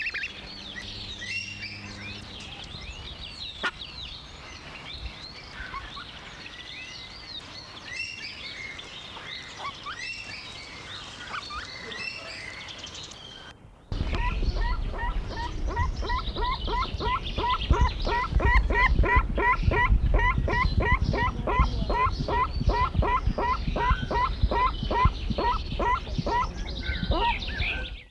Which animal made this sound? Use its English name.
Pale-winged Trumpeter